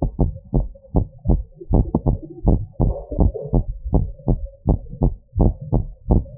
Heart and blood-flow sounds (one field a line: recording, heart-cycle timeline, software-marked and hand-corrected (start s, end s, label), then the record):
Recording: heart sounds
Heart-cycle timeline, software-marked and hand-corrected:
0.00	0.20	diastole
0.20	0.32	S1
0.32	0.56	systole
0.56	0.68	S2
0.68	0.96	diastole
0.96	1.06	S1
1.06	1.28	systole
1.28	1.42	S2
1.42	1.72	diastole
1.72	1.86	S1
1.86	2.08	systole
2.08	2.18	S2
2.18	2.46	diastole
2.46	2.62	S1
2.62	2.86	systole
2.86	2.96	S2
2.96	3.20	diastole
3.20	3.32	S1
3.32	3.54	systole
3.54	3.64	S2
3.64	3.92	diastole
3.92	4.06	S1
4.06	4.30	systole
4.30	4.40	S2
4.40	4.68	diastole
4.68	4.78	S1
4.78	5.02	systole
5.02	5.14	S2
5.14	5.38	diastole
5.38	5.52	S1
5.52	5.74	systole
5.74	5.84	S2
5.84	6.10	diastole
6.10	6.24	S1
6.24	6.38	systole
From the record:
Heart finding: normal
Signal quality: good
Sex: female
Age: 49 years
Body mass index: 21.1